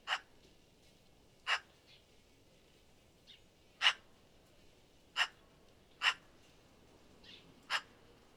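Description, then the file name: Eurasian magpie uttering single harsh, rasping notes spaced irregularly against quiet background hiss. "Pica pica"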